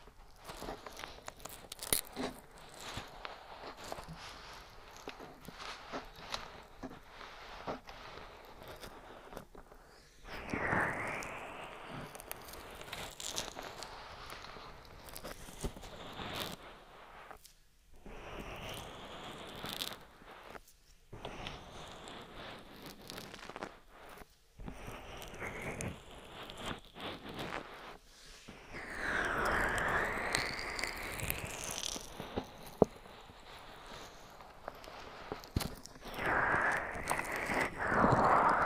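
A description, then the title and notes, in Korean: Ear massage with oil and bare hands: soft wet rubbing, squishing and crackling textures pressed right against the microphone. The sounds shift in intensity, with louder swelling strokes around 10–12 seconds and again near 29–33 seconds, and brief near-silent pauses between. ASMR 3dio 귀마사지 오일+맨손 ear massage.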